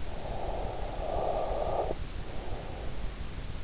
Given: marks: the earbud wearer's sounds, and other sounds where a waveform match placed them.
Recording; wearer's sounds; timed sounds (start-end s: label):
sounds in sleep by an in-ear microphone; breath
0.05-3.11 s: breath